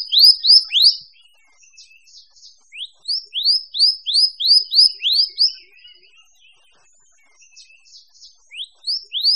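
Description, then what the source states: Birds singing: quick runs of bright, high, downward-sweeping whistles repeated several times a second, alternating with softer scattered chirps and brief lulls. Mixed birds.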